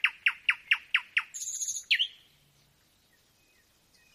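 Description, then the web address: Nightingale delivering six loud, sharp repeated notes, then a short buzzy rattle and a closing note before quiet. Nightingale singing at night, a nocturnal performance. "spiew ptakow nocny wystep slowika"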